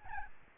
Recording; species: mosquito wingbeat signal from an infrared sensor; Aedes albopictus